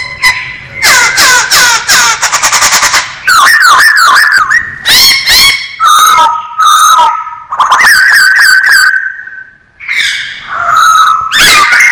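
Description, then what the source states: Masked laughingthrush song: loud, varied whistled phrases alternating with fast rattling bursts and steady clear notes, delivered almost without pause. Called poksay Hongkong; described as gacor, meaning singing actively and vigorously.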